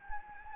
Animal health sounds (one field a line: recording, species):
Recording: mosquito wingbeat signal from an infrared sensor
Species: Anopheles gambiae